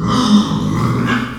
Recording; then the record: squeal of a Yucatan mini pig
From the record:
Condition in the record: after surgery on the right vocal fold (resection and tissue-engineered implant); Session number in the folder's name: 14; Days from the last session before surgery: 133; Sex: female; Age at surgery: 19 weeks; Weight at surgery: 25 kg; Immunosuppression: prednisolone